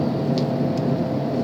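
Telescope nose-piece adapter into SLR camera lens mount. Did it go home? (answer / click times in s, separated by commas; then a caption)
yes / 0.4 s. A telescope nose-piece adapter is fitted onto an SLR camera body's lens mount with the camera lens removed. A short, sharp click sounds at 0.4 s over a steady low hum, and a fainter tick follows near 0.8 s. The adapter locks in place on the mount.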